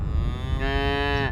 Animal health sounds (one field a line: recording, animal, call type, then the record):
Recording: contact call of a hoofed animal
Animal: cattle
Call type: low-frequency (closed-mouth) or high-frequency (open-mouth) call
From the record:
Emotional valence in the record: negative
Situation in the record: full separation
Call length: 1.32 s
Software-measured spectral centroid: 1600 Hz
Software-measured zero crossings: 1190 a second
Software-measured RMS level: -24 dBFS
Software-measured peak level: -10 dBFS